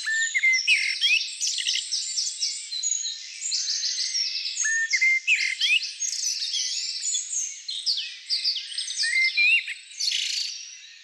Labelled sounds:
Common Blackbird (Turdus merula) song
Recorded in the wild
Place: Lilienhof / Kaiserstuhl, Baden-Württemberg, DE
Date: 1999-04-05
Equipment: MiniDisc Sony MZ-R35, Telinga DAT, Telinga-Parabolspiegel
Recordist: Schwarz, Dieter

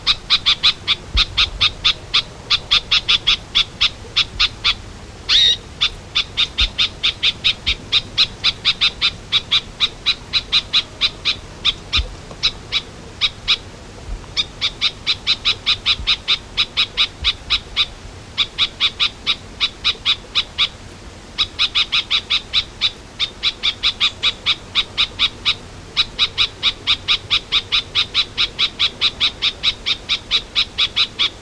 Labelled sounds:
Red-backed Shrike (Lanius collurio) call
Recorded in the wild
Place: Elnhausen, DE
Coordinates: 50.8156, 8.6825
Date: 1964-08-25
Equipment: Uher Report 4000, AKG D190
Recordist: Krey, Winfried

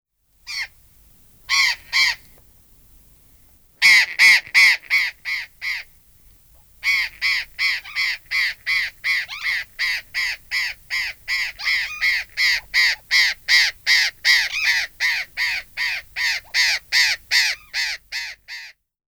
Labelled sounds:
Burrowing Parrot (Cyanoliseus patagonus)
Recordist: Tembrock, Günter
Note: Lautfolgen

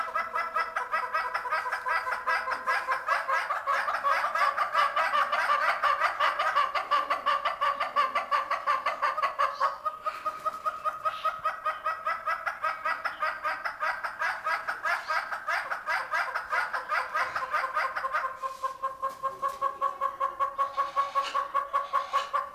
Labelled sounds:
Northern Red-billed Hornbill (Tockus erythrorhynchus) duetting
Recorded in captivity
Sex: pair
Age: adult
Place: Zoo Berlin, Berlin, DE
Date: 1997-10-18 11:18
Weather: sonnig, 12-15°C
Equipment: Nagra SN, Kopie Uher 4000 Report Monitor
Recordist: Tembrock, Günter

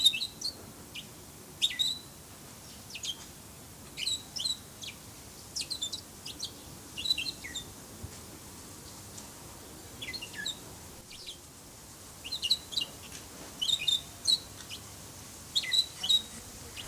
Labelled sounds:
Bourke's Parrot (Neopsephotus bourkii) call
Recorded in captivity
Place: Tierpark Berlin, Berlin, DE
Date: 2003-09-19 14:42
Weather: sonnig, 24°C
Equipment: Fair Mate ST-1328 (Asahi Electronics, Japan), Sennheiser ME 80, Kopie Uher 4000 Report Monitor
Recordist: Tembrock, Günter

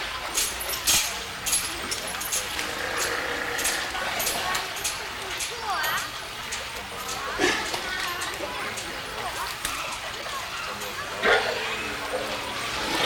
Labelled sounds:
California Sea Lion (Zalophus californianus)
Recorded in captivity
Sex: male
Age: adult
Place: Münchner Tierpark Hellabrunn, Bayern, DE
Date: 1993-09-20 15:26
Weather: 19 °C, heiter
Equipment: Marantz CP 430, Sennheiser MKH 416 T, Kopie Uher Variocord 263
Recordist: Tembrock, Günter

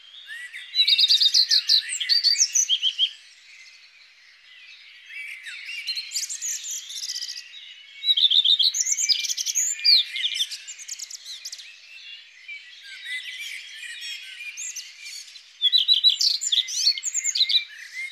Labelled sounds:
Common Redstart (Phoenicurus phoenicurus) song
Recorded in the wild
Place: Freiburg im Breisgau / Lehen, Baden-Württemberg, DE
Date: 2001-05-30
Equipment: MiniDisc Sharp MT 20 H
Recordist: Schwarz, Dieter
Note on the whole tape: Song

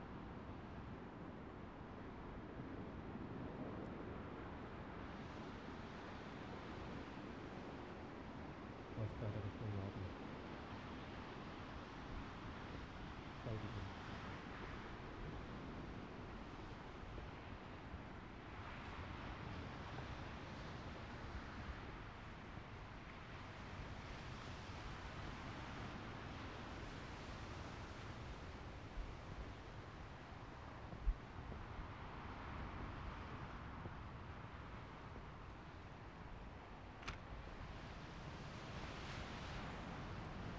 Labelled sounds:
Arctic Fox (Vulpes lagopus) call
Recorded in the wild
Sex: male
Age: adult
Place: Insel Mednyi, Kommandeur-Inseln, RU
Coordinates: 54.5167, 168.083
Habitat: tundra
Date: 1999-07-26
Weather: fair, 11°C, no wind
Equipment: Sony TCD-D8, Sennheiser MKH 70, Windkorb
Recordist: Frommolt, Karl-Heinz
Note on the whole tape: Nördlich von Kap Dlinnyi: an Höhle. Wa-Rufe von Polarfuchsrüde (Uli) rechts Rot/Rot 40. Tier folgt Beobachter in nördliche Richtung. An Reviergrenze Bellstrophen. Entfernung 8 bis 40 m

